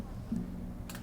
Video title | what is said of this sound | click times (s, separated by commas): Julie Dombo at Heights High School - March 13, 2018 | until it clicks in. Good. That was easier than I thought. | 0.9 s